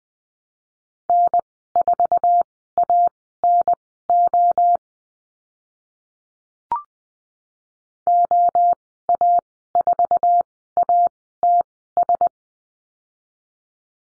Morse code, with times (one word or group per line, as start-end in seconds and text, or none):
1.1-4.8 N4ANO
8.1-12.3 OA4ATS